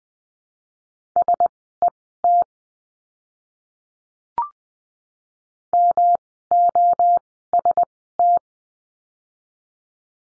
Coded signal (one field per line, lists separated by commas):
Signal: Morse code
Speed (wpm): 20 wpm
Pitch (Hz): 700 Hz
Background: none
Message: SET MOST